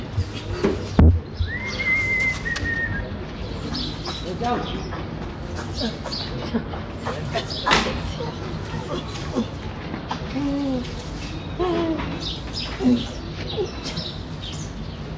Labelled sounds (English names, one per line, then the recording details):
Chimpanzee
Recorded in captivity
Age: adult
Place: Zoo Halle, Sachsen-Anhalt, DE
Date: 1977-10-13 12:20
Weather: sonnig, ca, 18°C
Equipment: Nagra SN, Kopie Uher 4000 Report Monitor
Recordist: Tembrock, Günter